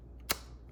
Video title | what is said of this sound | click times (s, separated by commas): How to assemble these bird reflectors by OFFO! | you're just gonna slide those over the top of these grooves just like this, until they are snapped into place. | 0.3 s